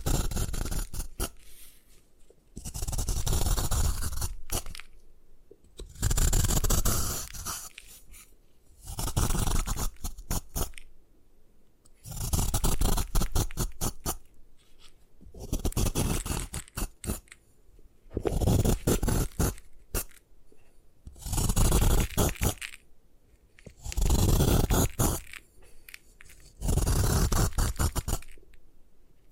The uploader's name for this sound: Destroy Gym Chalk